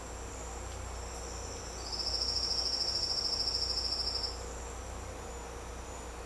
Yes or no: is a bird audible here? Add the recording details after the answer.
no. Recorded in secondary vegetation near Puerto Asís, Putumayo, Colombia, on 16 December 2024 at 08:00. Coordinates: 0.502, -76.326. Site G028